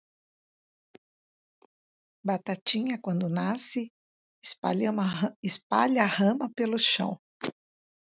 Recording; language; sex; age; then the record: short text; Brazilian Portuguese; female; 60 to 69 years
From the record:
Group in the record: control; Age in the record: 64 years